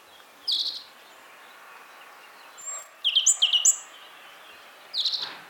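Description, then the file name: European robin: scattered high notes, a brief thin whistle, then a quick run of sharp descending notes, and a final short burst near the end. "Erithacus rubecula"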